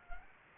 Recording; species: mosquito wingbeat signal from an infrared sensor; Anopheles arabiensis